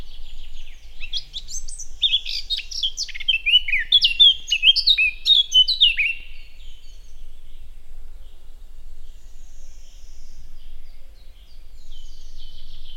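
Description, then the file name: Eurasian blackcap singing a rich, fast warble of varied chirps and fluty notes for about five seconds, followed by quiet faint twittering. "Sylvia atricapilla"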